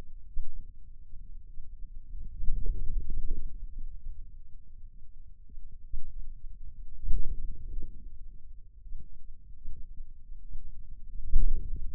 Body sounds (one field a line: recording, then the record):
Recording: forearm muscle sounds (acoustic myography)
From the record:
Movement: outward rotation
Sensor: system 2, bracelet of six BSWA MPA416 microphones around the upper forearm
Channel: 2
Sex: male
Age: 22 years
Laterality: right